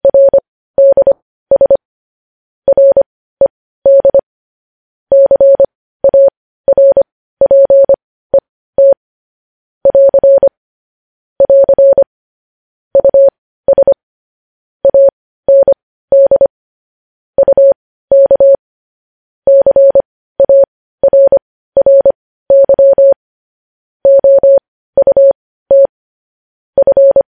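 Morse code beeps in a single steady mid-pitched tone, short and long pulses grouped with brief gaps, clean against silence throughout.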